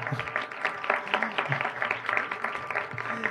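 An audience bursts into steady applause for a Chilean singer after a talk, a dense crackle of many hands clapping at once that holds at an even, moderate level for a few seconds, with a faint murmur of voices underneath.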